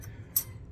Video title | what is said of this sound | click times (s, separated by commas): 2005 Bentley Continental GT front and rear Breakpad | This slides in this way and then clicks in here, as well as the back clicks right in and then stays stable. | 0.4 s